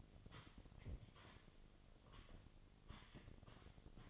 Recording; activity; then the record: daily activity, microphone in the room; sweep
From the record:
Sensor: 4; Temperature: 28.5 degrees Celsius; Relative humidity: 34.1%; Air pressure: 1007.8 hPa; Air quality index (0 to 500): 192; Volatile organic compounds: 6 ppm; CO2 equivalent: 1922 ppm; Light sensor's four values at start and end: 23/72/27/26 and 23/72/27/26